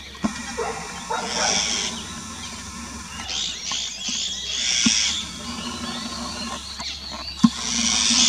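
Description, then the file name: Eurasian jay giving harsh, rasping screeches, several broad noisy bursts spread unevenly throughout, with a low steady hum underneath. "Eurasian Jay call 2 Alok"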